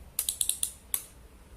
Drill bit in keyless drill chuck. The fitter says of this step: until it clicks you'll be able to hear it okay